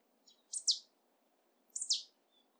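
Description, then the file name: Marsh tit calls: two sharp, high double notes, each a quick downward-swept pair, about a second apart, over a faint low hum. "Poecile palustris"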